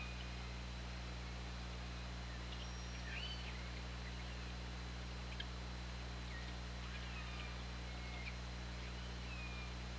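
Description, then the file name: Orca calls, several short whistled, curving tones, some rising then dropping, spread throughout above constant deep hydrophone hum and noise. Recorded on an OrcaLab hydrophone, underwater, 24 August 2017 at 20:39. "Orca Lab UTLN JASON 20170824 203951"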